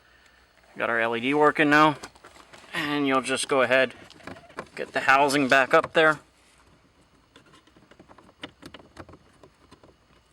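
Someone talks, and then the interior light housing with its new LED is lifted back up and lined up in the headliner or trim opening of an Audi B6/B7 A4/S4, ready to be pushed home. Only light handling taps and rattles are heard, around 7.4 to 9.1 seconds. The housing has not seated or clicked in yet.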